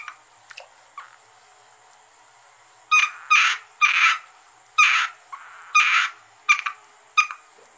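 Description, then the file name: Asian grass frog calls: rasping, buzzy croaks in short bursts, several in a row after a quieter start, with a faint steady high hum throughout. "rana limnocharis yannick dauby gruenrekorder"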